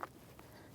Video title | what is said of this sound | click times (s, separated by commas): How to Replace Vapor Canister Purge Solenoid Valve 2016-2025 Chevrolet Malibu 1.5L L4 | push it down, let it lock. | 0.0 s